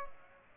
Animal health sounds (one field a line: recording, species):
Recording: mosquito wingbeat signal from an infrared sensor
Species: Culex pipiens